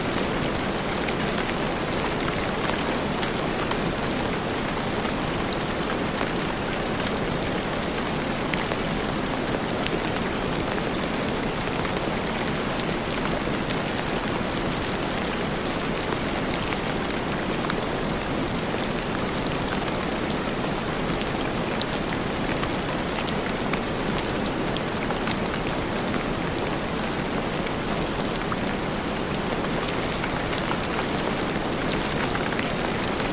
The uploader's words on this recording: Relaxing Rainstorm White Noise.